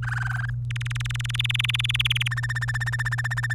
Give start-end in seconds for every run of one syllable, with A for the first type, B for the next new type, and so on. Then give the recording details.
0.02-0.50 A, 0.70-2.28 B, 2.31-3.54 C. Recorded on 24 April 2018 at 12:14. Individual llb3